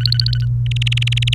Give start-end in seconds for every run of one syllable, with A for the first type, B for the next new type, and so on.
0.00-0.45 A, 0.66-1.34 B